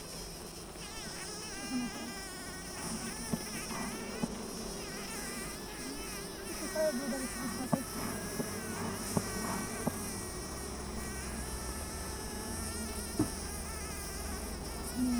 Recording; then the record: honeybee colony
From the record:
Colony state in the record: missing queen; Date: 14 July 2017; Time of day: 7:29